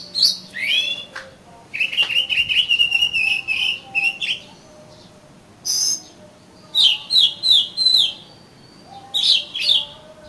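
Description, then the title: Oriental magpie-robin singing a varied song: a sustained warbled phrase, then pauses and clusters of clear whistled notes with harsher chirps mixed in. "Kacer Kacer"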